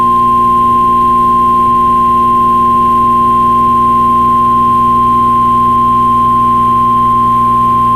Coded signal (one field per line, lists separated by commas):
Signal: Emergency Alert System (SAME) tones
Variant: 1050 Hz attention tone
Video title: CRP Required Weekly Test on WXK26 - 09/30/2021 (EAS 391)